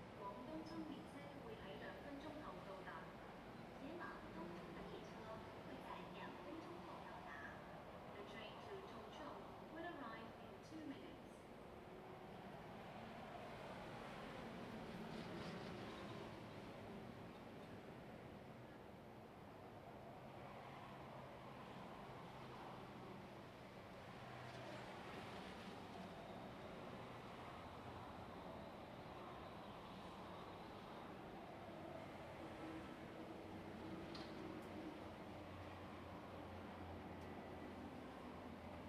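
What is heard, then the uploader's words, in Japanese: Station soundscape beside a rail line: a steady, dense rumble of moving train and platform noise fills the whole stretch at a fairly even level. Voices murmur throughout, with brief clicks and knocks scattered over the top and small swells around the middle. 香港MTR東桶線 欣澳駅のサウンドスケープ。欣澳（ヤンオウ）駅は荃湾区にあり、迪士尼線の分岐駅となっています。中央に機場快線（エアポート鉄道）の線路があり、かなりの高速で駆け抜けます。今回はホームの先端部でマイクを構え、放送と通過音を狙ってみました。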